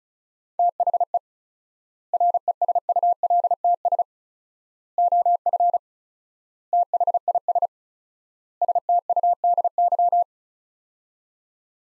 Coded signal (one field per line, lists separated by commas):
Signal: Morse code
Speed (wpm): 36 wpm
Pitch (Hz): 700 Hz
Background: none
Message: THE RESULTS OF THIS STUDY